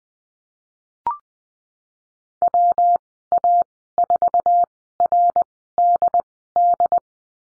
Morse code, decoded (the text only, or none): WA4RDD